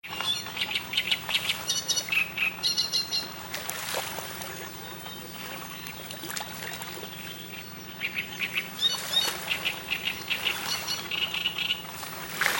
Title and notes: Cannareccione sul Lago di Garda - Great Reed Warbler singing at Lake Garda (Verona Italy)